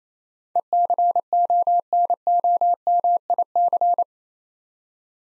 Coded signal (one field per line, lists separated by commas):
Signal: Morse code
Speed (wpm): 28 wpm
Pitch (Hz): 700 Hz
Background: none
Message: ECONOMIC